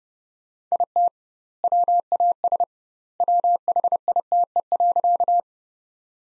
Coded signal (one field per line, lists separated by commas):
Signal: Morse code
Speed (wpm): 30 wpm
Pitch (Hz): 700 Hz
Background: none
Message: IT WAS WHITE.